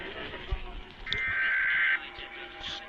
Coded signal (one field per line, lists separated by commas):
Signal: Emergency Alert System (SAME) tones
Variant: header bursts